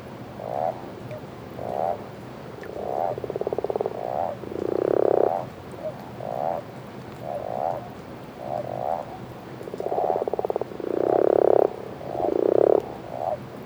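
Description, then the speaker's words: Common toads and common frogs chorusing: short croaks roughly every second, interspersed with pulsed trills and several loud rasping bursts, against continuous flowing water. Common toads and common frogs calling together in a breeding chorus on a lake at night in late winter, 22 February 2014, Drôme; barely 10 degrees; pond spillway in background; Nagra recorder, two MKH40 microphones. "Crapauds communs et grenouilles rouges chantent. Pourtant, il fait à peine 10 degrés euh, sur le lac."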